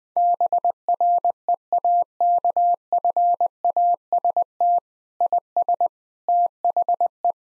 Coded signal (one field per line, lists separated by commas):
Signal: Morse code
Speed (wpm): 20 wpm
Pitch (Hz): 700 Hz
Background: none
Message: BREAKFAST IS THE